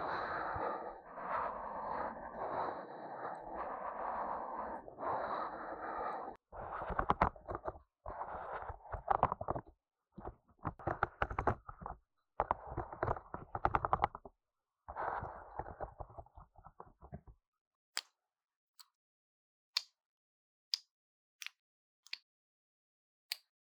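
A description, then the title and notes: A syringe sucks up water with gurgling slurps, steady then in choppy bursts, before falling silent apart from sharp, evenly spaced pops near the end. The sound of the syringe absorbing water and making a popping sound.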